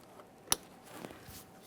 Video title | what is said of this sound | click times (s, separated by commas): How to Replace Front Right CV Axle Assembly 2015-2020 Ford F-150 | After an audible click, a light tug, | 0.5 s